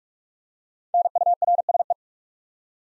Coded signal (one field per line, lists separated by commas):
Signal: Morse code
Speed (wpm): 44 wpm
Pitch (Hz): 700 Hz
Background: none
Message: NURSE